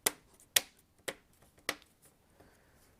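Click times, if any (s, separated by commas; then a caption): 0.1 s, 0.6 s, 1.1 s, 1.7 s. Pressing along the plastic bottom cover of an HP laptop with a Ryzen 5500U snaps its clips home into the laptop chassis, giving four sharp clicks at 0.1, 0.6, 1.1 and 1.7 s, with a faint tick just after the last. The bottom cover is seated.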